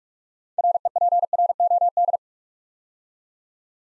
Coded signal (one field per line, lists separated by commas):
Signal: Morse code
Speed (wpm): 46 wpm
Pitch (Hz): 700 Hz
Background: none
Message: REPROD